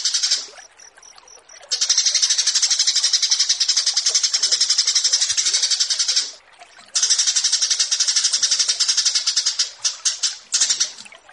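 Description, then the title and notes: Australasian bushlark singing long fast rattling phrases of high repeated notes, separated by a short silence. Bird-keeping song tutoring (masteran). "Branjangan VS BURGER Masteran Mewah 1. burung BRANJANGAN"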